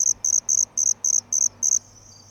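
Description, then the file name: Cricket chirping in shrill, high pulsed bursts, about seven evenly spaced chirps in under two seconds, then a faint lingering hiss. Cricket ambience recorded at night. "Grillons Amb Nuit 3"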